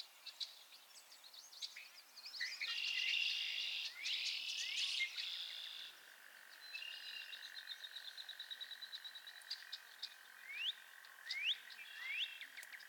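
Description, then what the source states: Frogs in chorus, a loud buzzy swell early on, then a steady high trill with several clear upslurred peeps toward the end. Chorus of frogs crooning to one another on a summer evening, Miners Marsh, Annapolis Valley, Nova Scotia.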